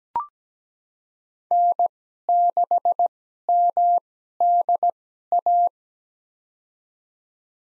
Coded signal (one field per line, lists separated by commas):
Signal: Morse code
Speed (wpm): 17 wpm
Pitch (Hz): 700 Hz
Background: none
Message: N6MDA